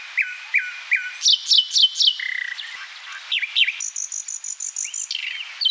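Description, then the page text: Common nightingale song: repeated falling whistles, then rapid sharp high notes, a low buzzy phrase, and a long fast run of high piercing pulses. Song of the eastern form. "Eastern Common Nightingale Song. Quick Sounds"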